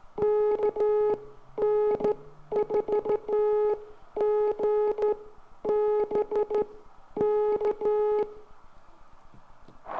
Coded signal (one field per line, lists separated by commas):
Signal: Morse code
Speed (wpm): 14 wpm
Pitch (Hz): 420 Hz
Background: none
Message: KN4GB K